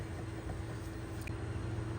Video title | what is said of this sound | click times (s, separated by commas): A/C Orifice Tube Replacement and Location on Ford F Series Pickup Trucks. | Go ahead and slide it in, and you'll probably have to wiggle it back and forth until you hear it lock. You want to hear it lock, | 1.3 s